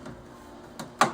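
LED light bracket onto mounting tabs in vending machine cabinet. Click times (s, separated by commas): 0.8 s, 1.0 s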